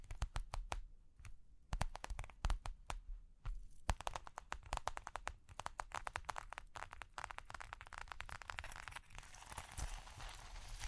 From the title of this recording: Tapping, Scratching, Ear Cleaning with Jingling Sounds